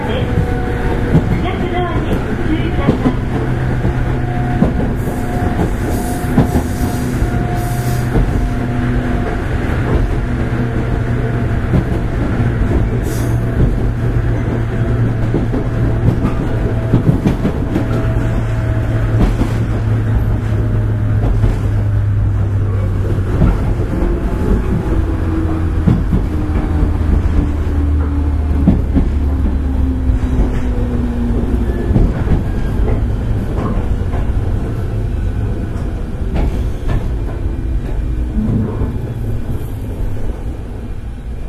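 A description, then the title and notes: A Kyushu Railway 103 series local train runs steadily with a dense low rumble, droning motor tones that slowly shift, and occasional rattling clicks. JR九州の103系(1500番台)電車の走行音です。 筑肥線の普通列車で録音しました。 区間は、筑前前原から唐津までです。 Running sound of the 103 series(1500 series)train of the Kyushu Railway Company. Local train of Chikuhi Line.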